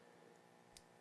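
A watch bracelet's clasp fine-adjustment is pushed all the way in, and a single sharp, bright click sounds at 0.8 s over a quiet background. The clasp seats fully in, confirmed.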